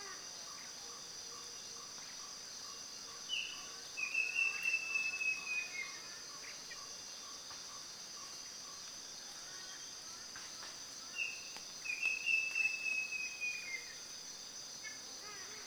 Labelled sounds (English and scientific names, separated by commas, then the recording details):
Blue-breasted Kingfisher (Halcyon malimbica)
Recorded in Kibale, Uganda